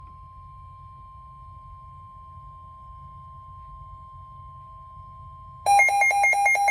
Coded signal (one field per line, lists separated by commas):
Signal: Emergency Alert System (SAME) tones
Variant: 1050 Hz attention tone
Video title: Severe Thunderstorm Warning (EAS #34)